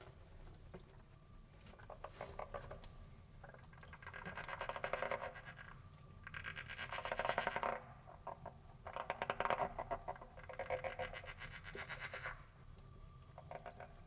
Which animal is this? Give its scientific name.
Pelophylax esculentus